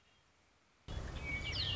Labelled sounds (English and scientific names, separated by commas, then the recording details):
Red-winged Blackbird (Agelaius phoeniceus)
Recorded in Sonoma County, California